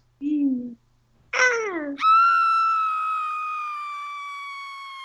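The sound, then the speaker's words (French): A woman's scream used as a segment sound effect: she lets out a short low cry and a wavering yelp, then launches into a long, loud, high-pitched scream that holds steady for about three seconds, slowly sagging in pitch. “Petite madame qui crie d'abord, fait qu'on passe à la petite madame qui crie.”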